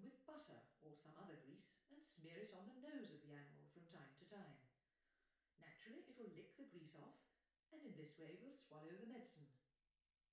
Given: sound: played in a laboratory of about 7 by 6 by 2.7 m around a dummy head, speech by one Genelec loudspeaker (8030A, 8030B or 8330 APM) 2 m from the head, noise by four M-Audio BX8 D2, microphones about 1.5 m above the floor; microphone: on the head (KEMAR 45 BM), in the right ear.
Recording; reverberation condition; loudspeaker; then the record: female speech in English; medium; 60 degrees to the left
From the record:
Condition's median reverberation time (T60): about 510 ms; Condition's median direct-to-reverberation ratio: about -0.5 dB